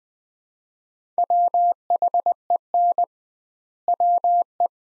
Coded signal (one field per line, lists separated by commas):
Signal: Morse code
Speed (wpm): 21 wpm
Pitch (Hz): 700 Hz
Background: none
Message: WHEN WE